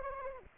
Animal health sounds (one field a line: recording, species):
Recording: mosquito wingbeat signal from an infrared sensor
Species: Anopheles arabiensis